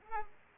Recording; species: mosquito wingbeat signal from an infrared sensor; Culex pipiens